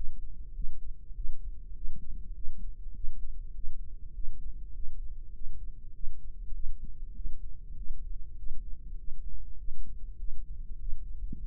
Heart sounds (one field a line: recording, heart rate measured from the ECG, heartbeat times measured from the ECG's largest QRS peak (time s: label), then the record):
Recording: heart sounds by microphone in the right ear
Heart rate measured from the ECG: 100 bpm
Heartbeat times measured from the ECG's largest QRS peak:
0.55 s: heartbeat
1.16 s: heartbeat
1.76 s: heartbeat
2.36 s: heartbeat
2.95 s: heartbeat
3.55 s: heartbeat
4.15 s: heartbeat
4.75 s: heartbeat
5.35 s: heartbeat
5.94 s: heartbeat
6.55 s: heartbeat
7.16 s: heartbeat
7.77 s: heartbeat
8.38 s: heartbeat
8.99 s: heartbeat
9.59 s: heartbeat
10.19 s: heartbeat
10.79 s: heartbeat
11.39 s: heartbeat
From the record:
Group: healthy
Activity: cold pressor test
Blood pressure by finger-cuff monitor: 166/92 mmHg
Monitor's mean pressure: 111 mmHg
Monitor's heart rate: 100 bpm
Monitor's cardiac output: 7.9 L/min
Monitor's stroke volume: 79 mL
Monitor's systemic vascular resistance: 1040 dyn s/cm5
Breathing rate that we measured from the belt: 17 breaths a minute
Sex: male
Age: 21 years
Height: 175 cm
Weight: 72.6 kg